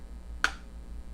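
A plastic wing is folded down into the back of a Transformers Siege Commander Class Jetfire action figure. A single sharp snap is heard at 0.4 seconds over a quiet low hum. The wing locks firmly into place.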